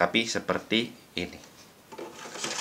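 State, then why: Not seated. Someone talks while a hard disk drive in its caddy is held in the correct orientation, not upside down, ready to go back into a PS3's drive bay during a fix for a fast, noisy fan and freezing games. After the talking, only faint handling and rustling sounds follow. The drive has not been pushed home and nothing has clicked or seated yet.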